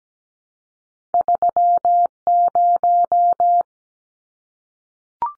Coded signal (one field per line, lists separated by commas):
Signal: Morse code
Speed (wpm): 17 wpm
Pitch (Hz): 700 Hz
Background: none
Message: 30